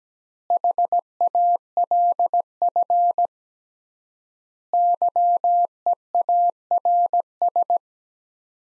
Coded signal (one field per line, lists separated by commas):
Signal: Morse code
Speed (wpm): 17 wpm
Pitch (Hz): 700 Hz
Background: none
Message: HALF YEARS